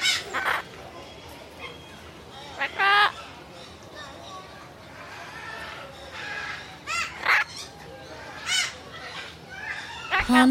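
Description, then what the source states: Parrots chattering with harsh squawks and screeches in short bursts at irregular intervals, several birds calling over a murmuring background. Parrots chattering away in an aviary.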